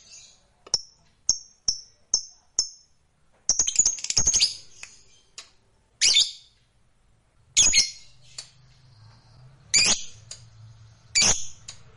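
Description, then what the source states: Lovebird giving short high chips, then bursts of harsh, shrill screeching notes spaced a couple of seconds apart. Fighter-type lovebird singing energetically (gacor).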